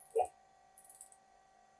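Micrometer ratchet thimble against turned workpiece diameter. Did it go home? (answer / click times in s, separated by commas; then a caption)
yes / 0.8 s, 0.9 s, 1.0 s. The ratchet knob on the end of a micrometer thimble is turned until the spindle closes on the diameter of a turned metal workpiece and stops moving. A brief louder knock near 0.2 s is followed by the ratchet slipping in a run of small, sharp clicks at about 0.8, 0.8, 0.9 and 1.0 s over a faint steady hum. The clicks confirm that contact has been made with the part.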